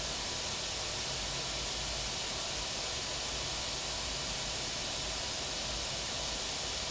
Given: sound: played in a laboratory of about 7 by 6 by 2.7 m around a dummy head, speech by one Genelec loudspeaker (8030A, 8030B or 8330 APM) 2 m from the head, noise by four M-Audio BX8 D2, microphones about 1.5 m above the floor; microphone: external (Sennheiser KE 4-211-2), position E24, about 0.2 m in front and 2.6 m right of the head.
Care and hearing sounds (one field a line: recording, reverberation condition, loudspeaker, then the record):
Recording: white noise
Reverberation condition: low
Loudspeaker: four, about 170 cm from the corners of the room and facing them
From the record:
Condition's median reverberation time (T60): about 310 ms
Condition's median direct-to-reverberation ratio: about 3.5 dB